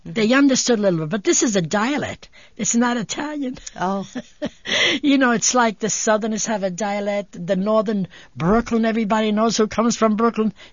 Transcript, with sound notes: They understood a little of it, but this is a dialect. It's not Italian. (she laughs)
Oh.
You know, it's like the southerners have a dialect, the northern, Brooklyn, everybody knows who comes from Brooklyn.